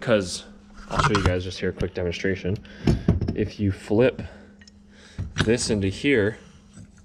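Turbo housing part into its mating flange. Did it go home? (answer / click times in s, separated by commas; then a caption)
no / none. A metal turbo housing part for an Evo is handled and flipped toward its mating flange to show how the turbo is clocked, while someone talks throughout. Faint brief ticks are heard near 4.6 s and 7.0 s. The part has not gone home yet; nothing has seated or clicked into place.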